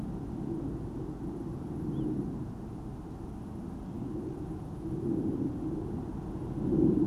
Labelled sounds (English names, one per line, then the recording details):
Little Ringed Plover
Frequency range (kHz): Little Ringed Plover 2.7-3.6 kHz
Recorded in France